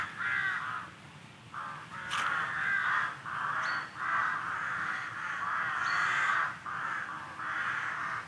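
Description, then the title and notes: Crows calling with repeated harsh caws in quick succession, a few short sharp sounds cutting through. Crows in trees at Eelde, Netherlands, on 1 November 2015. "20151101-Crows - Eelde NL. Sounds of Crows in trees in Eelde NL"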